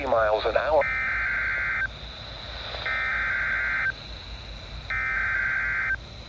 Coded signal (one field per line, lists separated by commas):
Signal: Emergency Alert System (SAME) tones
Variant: header bursts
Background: speech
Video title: EAS #103 “KEC85 SVR.” 8/21/2026